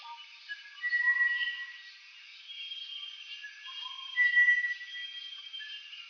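Bartlett's tinamou with two drawn-out bright whistles a few seconds apart, amid softer lower notes and a dense hissing background.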